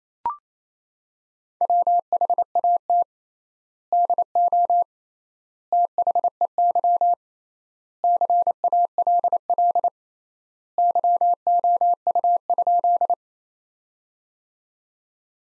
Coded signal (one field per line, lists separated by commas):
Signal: Morse code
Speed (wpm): 28 wpm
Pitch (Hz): 700 Hz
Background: none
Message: WHAT DO THEY CALL YOU?